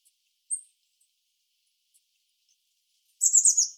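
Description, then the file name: Eurasian blue tit calling: one thin high note, a pause, then a loud, rapid burst of high notes. "Cyanistes caeruleus"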